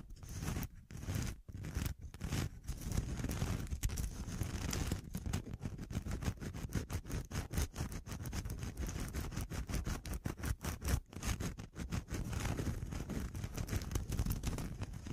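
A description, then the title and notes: Dense, rough scratching runs nearly nonstop in quick irregular strokes, heavy in the low end with brief gaps near the start. Pure Scratching.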